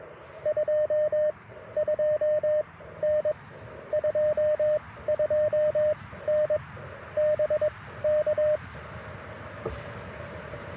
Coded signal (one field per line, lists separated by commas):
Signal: Morse code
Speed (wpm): 22 wpm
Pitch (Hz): 610 Hz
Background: radio noise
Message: 22N 22N BK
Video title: Mag Loop Antenna for QRP POTA - 10/25/23 @ Tuskegee National Forest (K-4451)